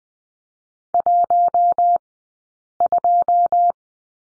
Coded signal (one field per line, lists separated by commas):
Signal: Morse code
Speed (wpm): 20 wpm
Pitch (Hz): 700 Hz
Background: none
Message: 12